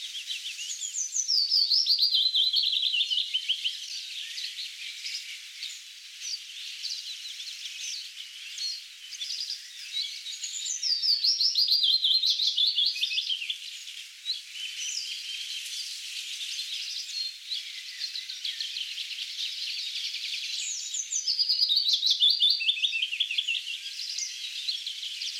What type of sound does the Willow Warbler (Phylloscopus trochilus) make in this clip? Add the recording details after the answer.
song. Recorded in the wild. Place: Berezinsky, BY. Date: 2005-05-17. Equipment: Minidisc Sony MZ-R35, Telinga DAT, Telinga-Parabolspiegel. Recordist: Schwarz, Dieter